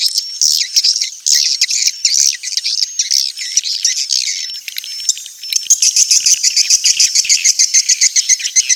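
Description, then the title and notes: Swiftlet calls, dense high twitters that turn into a fast, regular run of clipped chirps in the second half. Swiftlet sounds used for swiftlet farming in Asia. "Swiflet Bird Sound. Farming Swiflet Bird asia sound"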